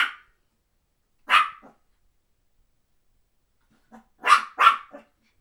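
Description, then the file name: Papillon barking: one sharp yap, another about a second later, then a quick pair near the end with soft trailing yelps. "Dogbarkpapillon 03"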